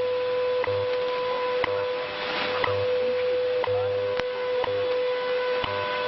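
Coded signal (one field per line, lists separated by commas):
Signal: radio time signal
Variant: WWV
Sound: steady mid tone broken by a short tick every second, other stations' ticks overlapping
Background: radio static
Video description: This really was a jumble of a bunch of time stations and you can hear them interfering with each other when WWV goes quiet.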